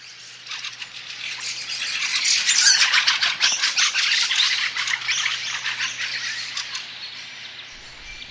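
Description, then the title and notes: Fieldfare chattering, a dense run of harsh rattling notes that swells and fades over several seconds. "Viikon luontoääni: Räkättirastas. Viikon luontoäänen esitteli Juha Laaksonen"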